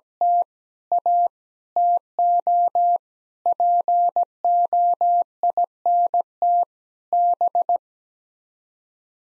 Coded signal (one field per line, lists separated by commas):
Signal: Morse code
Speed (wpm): 17 wpm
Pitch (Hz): 700 Hz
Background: none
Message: T A TO POINT B